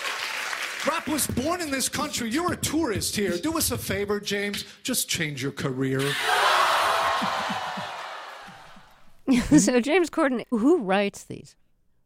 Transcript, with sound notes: Rap was born in this country. You're a tourist here. Do us a favor, James? Just change your career.
(CHEERING)
So, James Corden, who writes these?